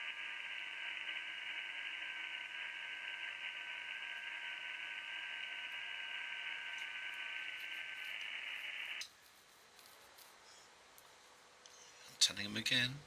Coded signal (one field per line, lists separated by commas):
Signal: FT8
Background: speech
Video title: Using FT8 digital mode & Mag loop